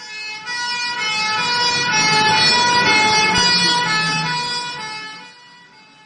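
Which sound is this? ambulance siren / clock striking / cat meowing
ambulance siren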